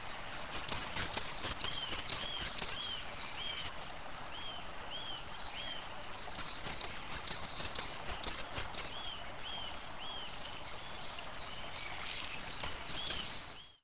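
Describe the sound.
Coal tit giving thin, high, sharp notes in quick bursts, two long bursts and a short one at the end, with softer, lower whistled notes between them.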